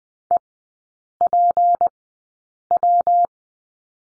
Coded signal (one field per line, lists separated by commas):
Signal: Morse code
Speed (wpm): 20 wpm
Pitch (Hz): 700 Hz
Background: none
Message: EPW